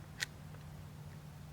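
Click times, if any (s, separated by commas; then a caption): 0.2 s. A pistol magazine stuck part-way in a handgun is pushed up into the grip and locks home with one sharp click at 0.2 s, leaving it fully seated. Only a low steady hum remains afterward, and no one talks.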